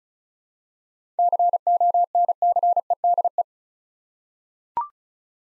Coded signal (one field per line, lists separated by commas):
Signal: Morse code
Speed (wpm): 36 wpm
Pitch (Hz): 700 Hz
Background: none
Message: CONCEDE